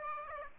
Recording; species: mosquito wingbeat signal from an infrared sensor; Aedes aegypti